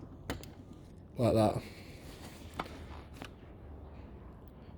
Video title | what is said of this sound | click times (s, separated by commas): Front Seat Won't Tilt / Slide? Broken Clip Repair How-To - AUDI A3 8P / A4 B6 B7 / GOLF MK5 MK6 | And then the top, once it lines up, you'll feel it click into place like | 0.3 s